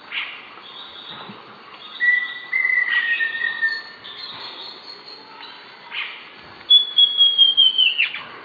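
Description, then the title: Southern Chestnut-tailed Antbird giving a descending series of several clear whistled notes near the end, with fainter whistles earlier. Subspecies hemimelaena, assumed from the recording location. "LuckyPassaro Completos2Sama. Southern Chestnut-tailed Antbird (Myrmeciza hemimelaena hemimelaena (ssp asumed from location))"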